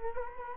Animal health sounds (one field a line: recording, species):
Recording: mosquito wingbeat signal from an infrared sensor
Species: Culex quinquefasciatus